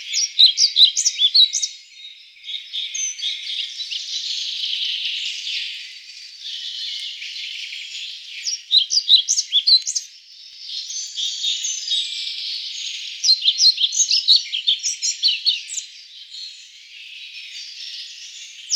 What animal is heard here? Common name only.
European Pied Flycatcher